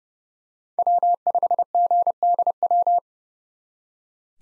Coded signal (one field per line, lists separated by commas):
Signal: Morse code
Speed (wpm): 31 wpm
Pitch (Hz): 700 Hz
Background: none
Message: W5GDW